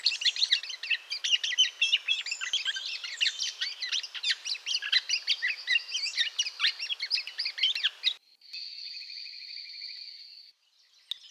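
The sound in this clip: Bird song delivered as a dense, rapid chatter of high varied notes for about eight seconds, followed by a steady, thin buzzy tone and a brief final note.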